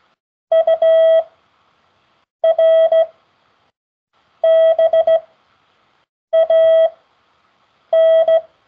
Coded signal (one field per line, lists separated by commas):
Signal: Morse code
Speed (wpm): 16 wpm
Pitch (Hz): 650 Hz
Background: none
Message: URBAN